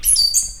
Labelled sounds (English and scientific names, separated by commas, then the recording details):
Stitchbird (Notiomystis cincta) song
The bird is a male
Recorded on Tiritiri Matangi Island, New Zealand, in 2005
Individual 16, of nest box 24